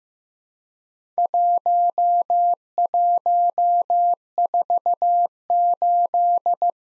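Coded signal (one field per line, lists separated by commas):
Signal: Morse code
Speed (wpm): 15 wpm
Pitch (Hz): 700 Hz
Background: none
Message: 1148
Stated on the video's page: Morse practice of Worked All Europe DX Contest QTC exchanges at 15 wpm, including random misses with repeats requested.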